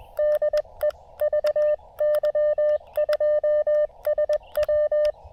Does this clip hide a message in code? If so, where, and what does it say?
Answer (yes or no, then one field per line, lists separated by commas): yes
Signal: Morse code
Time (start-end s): 0.2-5.1 s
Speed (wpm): 20 wpm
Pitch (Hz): 1800 Hz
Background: none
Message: DE VY2SW